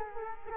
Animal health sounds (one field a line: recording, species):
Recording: mosquito wingbeat signal from an infrared sensor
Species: Culex quinquefasciatus